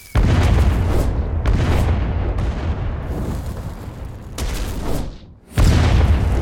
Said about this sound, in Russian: Присмотрели 3 подходящих усадьбы. Умудрились в диких землях неподалеку пристроить незаметно 3 ТНТ-пушки. И как-то ночью начали обстрел.